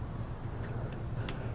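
A joystick cable connector is lined up and pushed into its socket on a KD Smart Chair power wheelchair, with a sharp click at 1.3 s as it plugs in. The connector is seated and ready to go.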